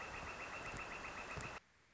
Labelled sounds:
Northern Flicker (Colaptes auratus)

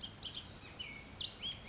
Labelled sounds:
Bullock's Oriole (Icterus bullockii)

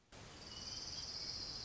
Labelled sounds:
Orange-crowned Warbler (Leiothlypis celata)

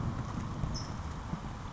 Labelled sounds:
California Towhee (Melozone crissalis)

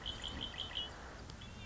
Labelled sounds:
Red-winged Blackbird (Agelaius phoeniceus)

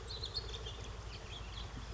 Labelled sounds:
House Finch (Haemorhous mexicanus)

